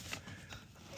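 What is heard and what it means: A 12-pin wiring harness connector with a push-button latch is being handled as it is pushed back into the car's original socket, with brief tapping and rustling around 0.1 s and 0.5 s over low background noise. Nothing has seated or clicked yet.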